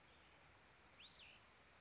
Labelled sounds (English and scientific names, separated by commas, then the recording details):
Cassin's Vireo (Vireo cassinii)
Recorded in Sonoma County, California